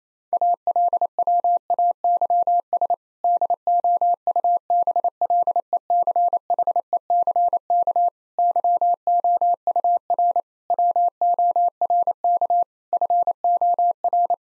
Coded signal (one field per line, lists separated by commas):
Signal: Morse code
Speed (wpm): 28 wpm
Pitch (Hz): 700 Hz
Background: none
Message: ALWAYS DOUBLECHECK YOUR WORK FOR